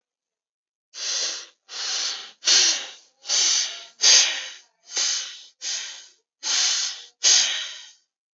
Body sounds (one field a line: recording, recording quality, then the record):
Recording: shallow breathing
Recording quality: excellent, no background noise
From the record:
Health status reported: exposed to COVID-19, no respiratory illness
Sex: male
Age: 19 years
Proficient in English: yes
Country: India